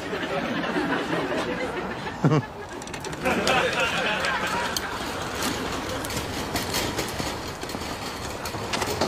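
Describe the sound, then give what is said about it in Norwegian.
A tram rumbles and rattles past with a steady metallic clatter of wheels on rail, a brief sharp clank early on, and a continuous broad roar throughout. “Ja, jeg ble nesten påkjørt av trikken.”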